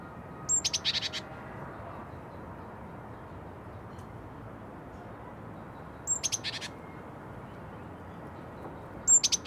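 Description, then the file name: Small birds calling, short high chirps in quick bursts of several notes, a few seconds apart, over a steady low background hum. Birds in a nest. "freesound small birds in nest"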